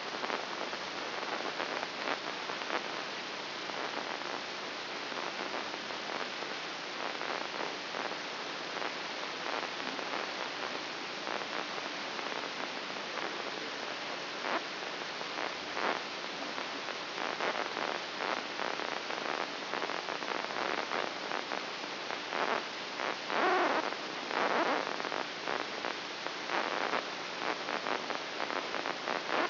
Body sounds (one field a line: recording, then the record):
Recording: brain microelectrode recording played as sound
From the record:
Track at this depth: outside the subthalamic nucleus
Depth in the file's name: 7.304 mm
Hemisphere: left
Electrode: 3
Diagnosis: Parkinson's disease